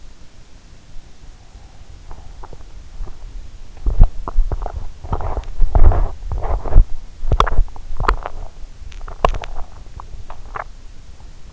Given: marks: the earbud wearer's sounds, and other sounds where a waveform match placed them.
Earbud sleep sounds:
sounds in sleep by an in-ear microphone; body movement
2.29-11.53 s: body movement

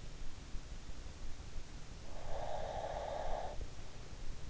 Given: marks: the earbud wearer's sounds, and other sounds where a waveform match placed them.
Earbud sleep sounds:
sounds in sleep by an in-ear microphone; breath
2.05-3.59 s: breath

